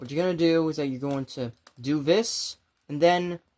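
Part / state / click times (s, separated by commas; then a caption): plastic upgrade kit piece onto an action figure / not seated / none. A plastic add-on piece from an upgrade kit is handled while being fitted onto a transforming toy figure, like the figure's mid skirt. Someone talks throughout, with a brief hiss-like burst around 2.3 seconds and a pause before more speech. Nothing has seated or clicked yet.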